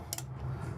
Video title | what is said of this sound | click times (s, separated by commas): 2026 Winnebago EKKO 23B Pop-Top | So you hear a click. You're going to stop there. | 0.1 s, 0.2 s